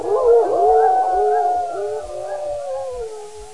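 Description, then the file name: A chorus of wolf howls with overlapping quavering tones that bend up and down. The sound slowly fades over a few seconds. Several wolves. "wilki"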